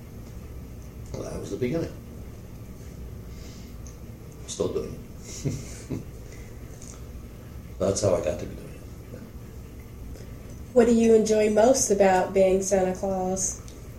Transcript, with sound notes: Well, that was the beginning. I'm still doing it [Laughter]. That's how I got to doing it.
What do you enjoy most about being Santa Claus?